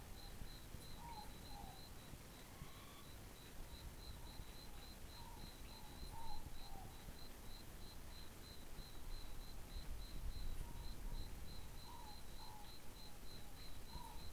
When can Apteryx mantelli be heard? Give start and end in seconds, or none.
none